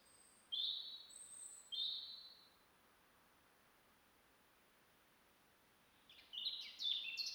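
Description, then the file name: European robin song: two clear high whistled notes with very thin higher notes, a pause, then a busy burst of warbling twitters at the end. "Erithacus rubecula"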